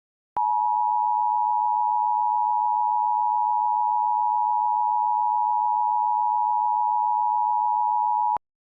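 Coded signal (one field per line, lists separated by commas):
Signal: Emergency Alert System (SAME) tones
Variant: 853 and 960 Hz attention tone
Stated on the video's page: Remake alert made with valid EAS tones.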